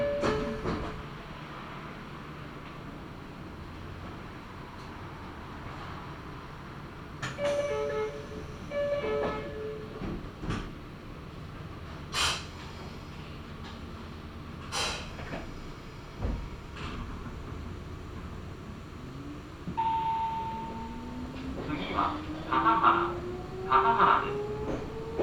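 A ride aboard a local train running from Gamagori to Kira-Yoshida, with a steady low rumble from the carriage throughout. A short chiming tone sounds around seven to nine seconds, and sharp knocks and clatters come every few seconds. After twenty seconds, a rising motor whine builds as the train accelerates.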